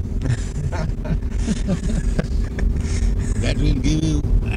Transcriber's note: laughter